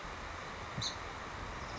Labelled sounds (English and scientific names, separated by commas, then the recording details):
Song Sparrow (Melospiza melodia)
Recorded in Sonoma County, California